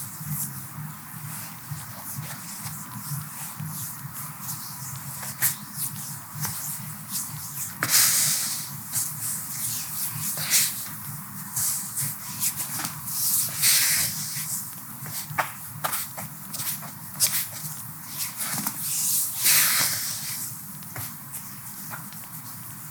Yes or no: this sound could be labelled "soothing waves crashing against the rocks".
no